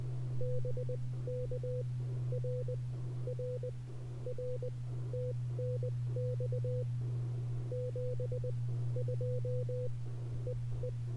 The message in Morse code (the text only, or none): BK R R R TNX 72 EE